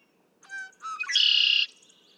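Red-winged Blackbird song: a harmonic note, a quick second note, then a long rasping trill that cuts off sharply.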